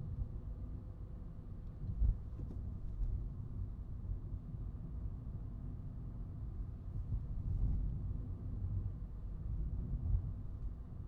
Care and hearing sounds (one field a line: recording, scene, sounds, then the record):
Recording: everyday scene through a hearing-aid microphone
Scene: in a vehicle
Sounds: engine, highway traffic jam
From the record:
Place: Skoda Fabia, gasoline engine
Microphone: in the ear canal, right